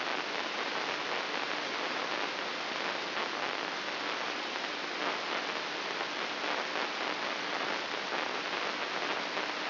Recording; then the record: brain microelectrode recording played as sound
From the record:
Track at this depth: outside the subthalamic nucleus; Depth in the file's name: 6.461 mm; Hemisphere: left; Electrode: 3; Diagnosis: Parkinson's disease